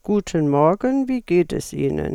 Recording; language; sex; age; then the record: spoken sentence; German; female; 60 to 69 years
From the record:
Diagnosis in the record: functional dysphonia, presbyphonia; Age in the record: 64 years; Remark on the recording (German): Ein Teil der letzten Silbe des Satzes "Guten Morgen ..." wurde abgeschnitten.